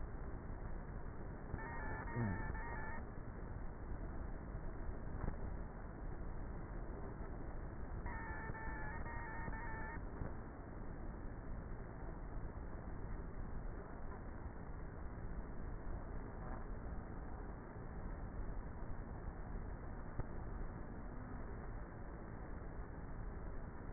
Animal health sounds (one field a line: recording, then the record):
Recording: honeybee colony, microphone inside the hive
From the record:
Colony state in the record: queenless with a low population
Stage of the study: before two queens were removed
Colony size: about 30,000 bees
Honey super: no